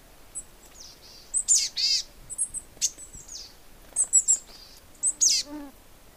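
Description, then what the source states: Boreal chickadee calls, a rapid series of high, hoarse, buzzy notes and sharp chips, repeated in bursts. More than one boreal chickadee, curious, coming in close to look at the recordist, in very boreal woods.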